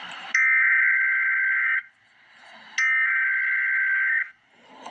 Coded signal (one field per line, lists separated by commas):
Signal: Emergency Alert System (SAME) tones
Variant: header bursts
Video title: Emergency Alert System - Tornado Warning - May 26, 2024 at 7:00 PM EDT